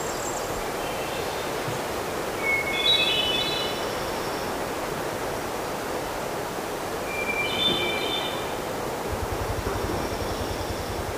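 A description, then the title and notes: A midsummer forest on a small island, with a steady rushing hiss, two brief bursts of bright bird calls, and a low throbbing near the end. Midsummer forest on a small island.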